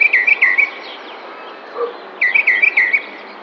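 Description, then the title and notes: Tropical mockingbird delivering two rapid bursts of bright, slurred chirping notes, each phrase repeated several times, separated by a short pause. Sings in spring, May 2021, in a neighbourhood park in San Cristóbal de Las Casas, Chiapas. "Cenzontle tropical que canta en primavera mientras alguien que hace ejercicio pasa a lo lejos en el parque de una colonia en San Cristóbal de Las Casas, Chiapas. Mayo 2021"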